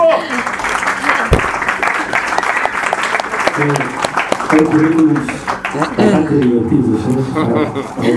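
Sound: audience applause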